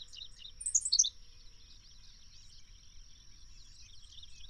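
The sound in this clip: Bird song: a single quick phrase of very high descending notes near the start, then soft twittering over a constant hiss.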